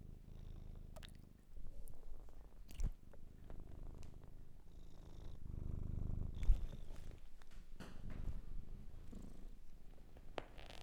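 Cat purring, a steady low rumble running throughout, with a few sharp clicks and soft rustles breaking in.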